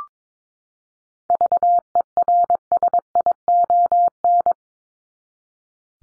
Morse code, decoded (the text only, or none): VERSION